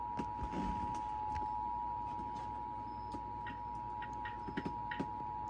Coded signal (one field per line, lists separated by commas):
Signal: Emergency Alert System (SAME) tones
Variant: 853 and 960 Hz attention tone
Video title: EAS Required Monthly Test on WGN 9 Chicago TV (4/2/2024) EAS #338.1